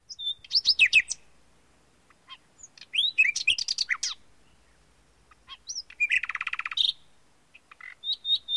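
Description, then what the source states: Common nightingale song in separate bursts: sweeping whistles, fast staccato chips, a rattling buzzy trill and short high repeated notes, broken by brief silences. Ringtone.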